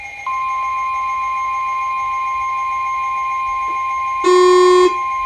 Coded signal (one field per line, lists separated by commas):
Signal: Emergency Alert System (SAME) tones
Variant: 1050 Hz attention tone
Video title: A Crazy Night, A New Milestone- EAS Alerts from 4/24/2021